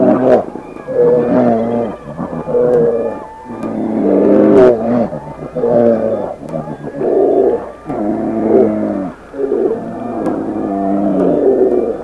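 Brown bear vocalizing in rough, harmonic groans and bawls, pulsing in uneven bursts about every second or two, continuing throughout with brief dips in loudness.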